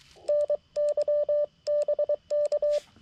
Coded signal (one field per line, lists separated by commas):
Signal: Morse code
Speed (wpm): 23 wpm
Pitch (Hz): 590 Hz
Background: none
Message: NYBK